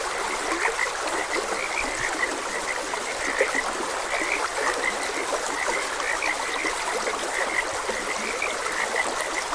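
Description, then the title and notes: Croaking frogs call in an unbroken chorus of brief pulsed notes, mixed with constant trickling and rushing water. Frogs croaking beside a gentle stream. "Gentle Stream and Frogs Croaking. Sleep and Relaxation Podcast"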